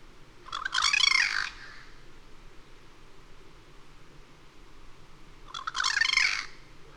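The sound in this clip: Bird with two rough, buzzy squawks about five seconds apart, each sliding and wavering in pitch, over faint background noise.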